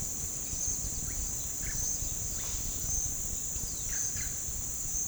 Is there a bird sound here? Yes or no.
yes